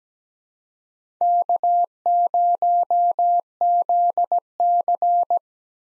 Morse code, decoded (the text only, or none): K0ZC